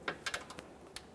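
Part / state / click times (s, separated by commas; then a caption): oxygen sensor harness plug into vehicle wiring connector / seated / 0.1 s. A Bank 1 Sensor 1 oxygen sensor wiring harness plug on a 2011-2020 Toyota Sienna 3.5L V6, whose upper connector mount is broken and separated, is pressed together by hand into the vehicle wiring connector. A sharp click at 0.1 s confirms the connector has seated, followed by further short clicks and taps at about 0.3, 0.3, 0.5, 0.6 and 1.0 s as it is tugged to check that it is secure.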